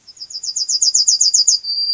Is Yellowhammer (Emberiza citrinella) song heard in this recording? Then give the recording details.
yes. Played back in grassland. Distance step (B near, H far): B. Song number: 119